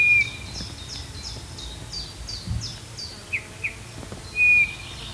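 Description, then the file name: Eurasian bullfinch calls: soft, level piping whistles at the start and end, with short notes between, and another bird's rapid high repeated notes in the background. "Pyrrhula pyrrhula"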